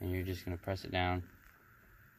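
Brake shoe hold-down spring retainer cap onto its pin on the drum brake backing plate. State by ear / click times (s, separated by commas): not seated / none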